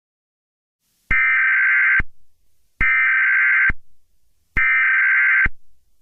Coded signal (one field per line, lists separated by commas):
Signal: Emergency Alert System (SAME) tones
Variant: header bursts